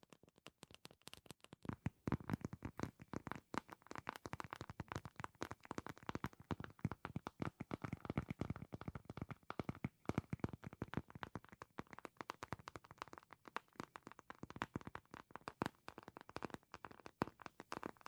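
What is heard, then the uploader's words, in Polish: Fingernails tap rapidly and continuously against a hard surface, producing dense, irregular clicks that run the whole eighteen seconds. The taps come in quick bursts with uneven loudness, bright and sharp, with a faint tonal ring around the middle frequencies. ASMR Tapping Dźwięki uderzania paznokciami.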